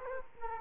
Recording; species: mosquito wingbeat signal from an infrared sensor; Culex quinquefasciatus